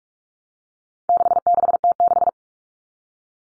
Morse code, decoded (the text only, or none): 66T6